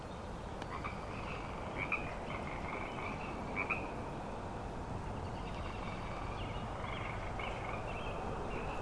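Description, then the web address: Frog chorus of many overlapping croaks, with a few louder individual calls standing out near the start and middle. Frog chorus on Grafton Lake, recorded 3 May 2009. "The Frog Chorus Tunes Up On Grafton Lake frogs edit 090503"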